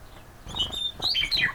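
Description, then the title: Bird twittering with quick high chirps and whistles in a few short bursts. "neoscenes: birds"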